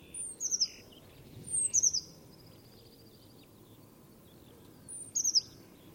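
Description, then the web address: Bird calls: three short bursts of high, thin chirps, each a quick cluster of notes, spaced a few seconds apart over a low, steady background hiss. "cianscape. Deverinetal 2025. Bird Only"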